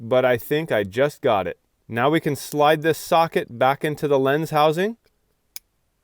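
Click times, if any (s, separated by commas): 5.6 s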